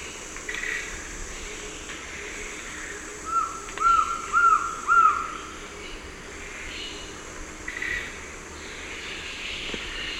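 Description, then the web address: Black-throated Trogon call: four soft whistled notes in quick succession over steady background noise. Eastern lowlands of South America. "Natures Songs S America Eastern Lowlands Black-throated Trogon"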